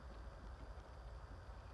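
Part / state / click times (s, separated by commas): bare copper wire into fixture push-in terminal / not seated / none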